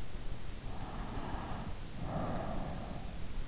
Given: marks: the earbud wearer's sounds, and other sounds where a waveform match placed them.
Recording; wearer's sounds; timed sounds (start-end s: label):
sounds in sleep by an in-ear microphone; breath
0.53-3.43 s: breath